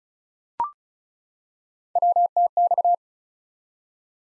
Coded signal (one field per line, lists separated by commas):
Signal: Morse code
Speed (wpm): 36 wpm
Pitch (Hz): 700 Hz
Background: none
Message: WTX